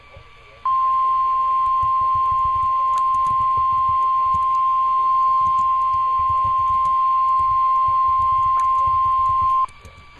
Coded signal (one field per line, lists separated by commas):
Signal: Emergency Alert System (SAME) tones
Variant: 1050 Hz attention tone